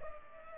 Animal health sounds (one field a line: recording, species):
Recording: mosquito wingbeat signal from an infrared sensor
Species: Culex pipiens